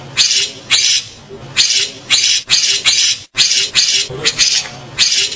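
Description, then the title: Grey-cheeked bulbul giving a fast series of harsh, buzzy bursts, each about a quarter second long, packed closely with brief gaps and a short break just past the middle. "Kicau Burung Cucak Jenggot"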